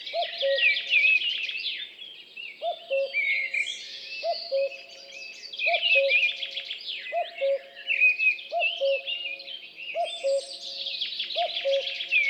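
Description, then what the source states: Common Cuckoo song: steady falling cu-coo pairs, repeated regularly under dense overlapping songbird trills, chirps and warbles higher up. Forest dawn chorus at Champs des Blas on 3 June 2020; Nagra LB with MKH8020 microphone.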